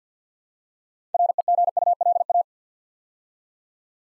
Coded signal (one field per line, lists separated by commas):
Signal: Morse code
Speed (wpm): 47 wpm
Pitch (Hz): 700 Hz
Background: none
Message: REGULA